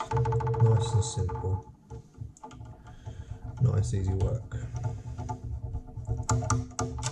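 A plastic/metal chest plate part of the T800 chest assembly is handled on a scale model endoskeleton while someone talks over background music, with short sharp handling taps around 2.4 s and from 6.3 s to 7.1 s. The part has not seated or clicked into place yet.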